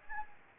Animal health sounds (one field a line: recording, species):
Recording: mosquito wingbeat signal from an infrared sensor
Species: Anopheles gambiae